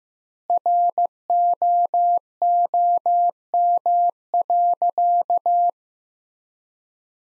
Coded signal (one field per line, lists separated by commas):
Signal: Morse code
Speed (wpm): 15 wpm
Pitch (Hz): 700 Hz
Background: none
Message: ROOM.